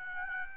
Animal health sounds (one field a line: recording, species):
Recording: mosquito wingbeat signal from an infrared sensor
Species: Aedes albopictus